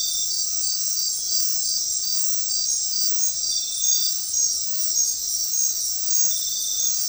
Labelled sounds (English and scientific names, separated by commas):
none